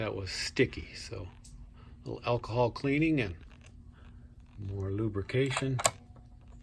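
Someone talks while handling the plastic and metal plunger that turns the program dial on an 8-track stereo player, after the sticky plunger was cleaned with a little alcohol and lubricated. Nothing has seated or clicked yet by the end of the clip.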